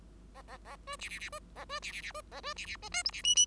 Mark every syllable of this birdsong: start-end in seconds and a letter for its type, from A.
0.34-0.42 A, 0.47-0.57 A, 0.65-0.76 A, 0.87-0.96 B, 0.99-1.09 C, 1.09-1.19 C, 1.19-1.29 C, 1.32-1.39 B, 1.55-1.65 A, 1.69-1.80 B, 1.82-1.92 C, 1.92-2.01 C, 2.02-2.12 C, 2.14-2.21 B, 2.31-2.40 A, 2.43-2.54 B, 2.56-2.66 C, 2.66-2.76 C, 2.92-3.03 D, 3.05-3.11 E, 3.12-3.22 C, 3.23-3.35 F, 3.35-3.46 F